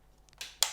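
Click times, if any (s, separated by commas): 0.6 s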